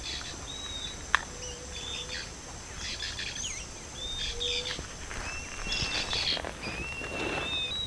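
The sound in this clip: Bird giving thin, high whistled notes, some rising or bending, with a few lower whistles, over constant hissy background noise and a single click.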